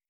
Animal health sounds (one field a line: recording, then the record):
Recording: hydrophone in a shrimp aquaculture tank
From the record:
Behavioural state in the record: stressed